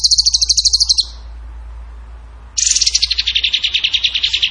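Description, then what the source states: Bird song: a high rapid trill ends, silence follows, then a long trill whose notes slowly drop in pitch as it goes on. Training song (masteran) in the tembakan gacor style.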